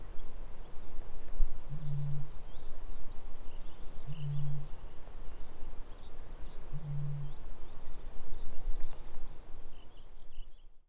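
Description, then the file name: Eurasian bittern booming, three deep low hoots spaced about every two and a half seconds, with many small birds twittering high above. "kaulushaikara"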